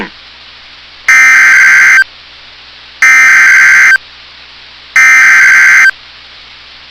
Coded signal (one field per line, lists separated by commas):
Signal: Emergency Alert System (SAME) tones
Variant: header bursts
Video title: [EAS Compilation] Severe Thunderstorm Warnings on NOAA Weather Radio WXM99 [August 2, 2022]